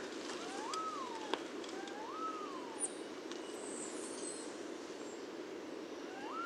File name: Resplendent Quetzal Pharomachrus mocinno